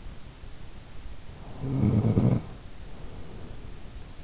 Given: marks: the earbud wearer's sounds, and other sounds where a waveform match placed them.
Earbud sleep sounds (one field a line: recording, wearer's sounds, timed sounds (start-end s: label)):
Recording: sounds in sleep by an in-ear microphone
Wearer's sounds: snoring breath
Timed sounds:
1.01-3.74 s: snoring breath